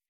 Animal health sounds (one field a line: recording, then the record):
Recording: hydrophone in a shrimp aquaculture tank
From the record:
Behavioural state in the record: normal